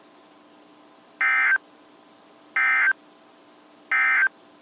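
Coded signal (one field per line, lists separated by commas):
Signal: Emergency Alert System (SAME) tones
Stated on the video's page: Weather radio alerts received from NOAA stations in Miamisburg Ohio, Pittsburgh Pennsylvania and Chicago Illinois.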